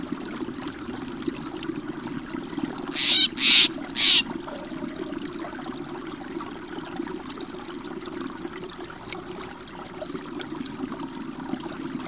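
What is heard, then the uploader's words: The Merced River flows as a steady, unbroken low rush with a soft hiss above it, unchanging for the whole stretch. Just past the three-second mark, three short, bright, loud calls, likely a bird, ring out in quick succession, then the water continues alone. The deep bass tones of the fall, the clashing ringing spray an infinite variety of small, low tones of the current gliding past the side of the Boulder Island and glinting against a thousand smaller stones down the Ferny channel. Follow the sounds of the Merced River in Yosemite National Park.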